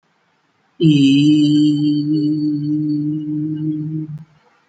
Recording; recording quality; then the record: sustained vowel as in beet; excellent, no background noise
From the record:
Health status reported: healthy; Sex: male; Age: 24 years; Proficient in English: yes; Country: India